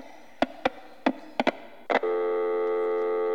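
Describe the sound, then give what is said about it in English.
A few sharp clicks sound on a telephone line during a radio call-in, then a steady, buzzing dial tone switches on and holds unbroken at a constant pitch and level once the call from a caller in Edmonton drops. “We're having incredible telephone problems today. We have lost the caller from Edmonton.”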